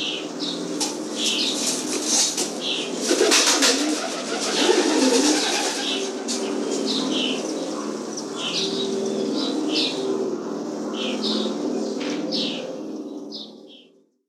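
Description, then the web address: Pigeons cooing in low, wavering rolls under many high chirps and a constant background hiss. "голуби"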